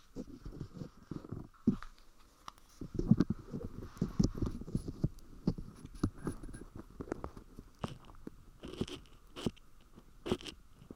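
Ear cleaning with a metal ear pick: dense, crackly scratching and rustling that rises and falls in quick bursts for the whole stretch, busiest between about 3 and 7 seconds. A faint steady tone hums underneath, and a few sharper, brighter clicks stand out near the end.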